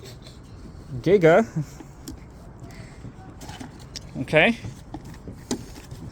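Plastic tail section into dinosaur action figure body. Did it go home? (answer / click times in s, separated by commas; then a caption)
yes / 5.5 s. Someone talks while a detachable plastic tail section is pushed into the body of a Jurassic World Hammond Collection Giganotosaurus dinosaur action figure. A sharp snap at 5.5 s marks the tail piece seating in the figure.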